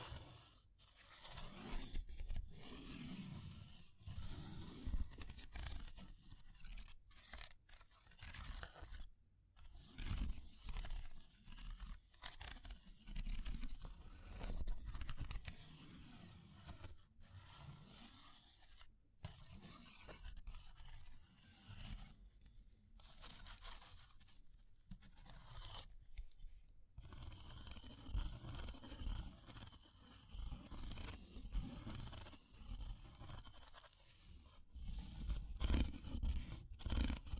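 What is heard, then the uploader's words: A fire crackles steadily throughout, with dense irregular pops and snaps spread across the whole clip. Beneath it runs a low rumbling roar that swells and dips, and brief quiet gaps break the sound near 9, 19 and 26 seconds. Fire Crackling, Tapping, Scratching.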